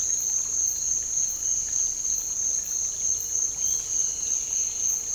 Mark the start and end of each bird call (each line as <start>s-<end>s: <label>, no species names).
3.52s-4.90s: bird call